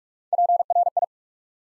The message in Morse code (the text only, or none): PRI